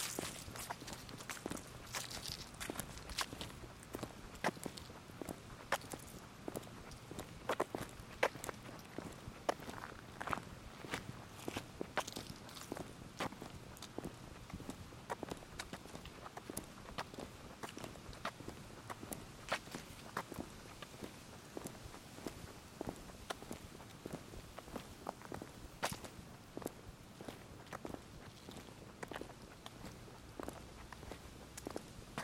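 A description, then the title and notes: Footsteps crunch along steadily through the whole walk, a quick, regular series of sharp taps that rarely pauses. Beneath them runs a constant low rumble and hiss of high wind. Faint, brief sounds, possibly animals, surface occasionally between steps. An early morning walk through Wolf's Prairie Park during high winds. The rhythmic steps of your host.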